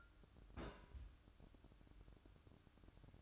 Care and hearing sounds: daily activity, microphone in the room; place on stove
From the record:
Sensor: 2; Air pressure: 1007.8 hPa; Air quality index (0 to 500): 100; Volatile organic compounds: 1 ppm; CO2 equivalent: 756 ppm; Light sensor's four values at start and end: 7/17/7/7 and 7/17/7/7

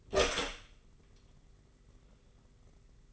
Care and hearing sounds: daily activity, microphone in the room; open door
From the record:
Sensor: 4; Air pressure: 991.3 hPa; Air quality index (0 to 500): 134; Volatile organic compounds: 48 ppm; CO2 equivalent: 3270 ppm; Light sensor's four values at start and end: 9/21/8/9 and 13/33/13/14

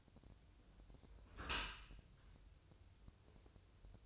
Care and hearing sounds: daily activity, microphone in the room; close dishwasher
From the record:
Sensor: 2

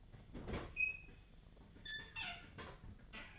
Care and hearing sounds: daily activity, microphone in the room; open fridge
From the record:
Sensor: 4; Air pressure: 1010.5 hPa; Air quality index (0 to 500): 175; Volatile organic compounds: 5 ppm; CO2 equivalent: 1780 ppm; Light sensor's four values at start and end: 34/100/39/40 and 30/89/35/35

